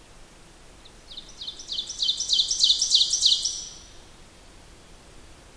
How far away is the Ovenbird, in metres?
about 15 m